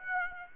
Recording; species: mosquito wingbeat signal from an infrared sensor; Aedes aegypti